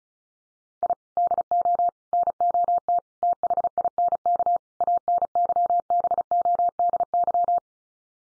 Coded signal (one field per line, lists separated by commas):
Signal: Morse code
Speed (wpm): 34 wpm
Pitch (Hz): 700 Hz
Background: none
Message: I DO NOT THINK ANYBODY